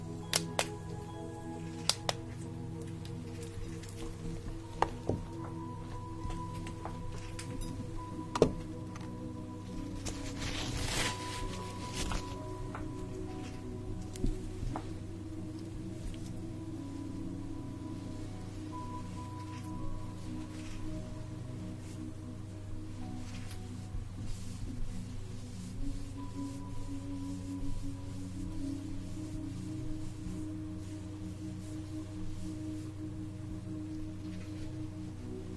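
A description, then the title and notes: A facial treatment with a steady low hum of steam, soft rubbing and cream sounds, sharp clicks near the start, and a brighter burst around eleven seconds. Enjoy the sounds of having your facial treatment, with steam, cream, and massage.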